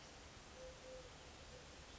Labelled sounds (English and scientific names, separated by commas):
Eurasian Collared Dove (Streptopelia decaocto)